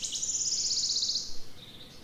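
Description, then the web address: Wood warbler song: a fast, shivering trill of high metallic notes lasting just over a second, then a fainter thin tail, over soft background hiss. Recorded 25 May 2020. "fagelljud 20200525-gronsangare"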